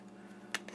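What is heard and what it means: The plastic arm of a build-a-figure action figure is pushed into the ball joint socket on its torso. A single sharp click sounds at 0.6 seconds, followed by two fainter ticks, over a steady low hum. The arm is seated, and it took one click after hoping for one.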